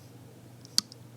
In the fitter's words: did you hear that click i'm telling you man the